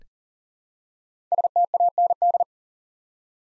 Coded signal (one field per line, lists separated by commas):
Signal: Morse code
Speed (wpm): 41 wpm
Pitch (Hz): 700 Hz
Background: none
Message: STAND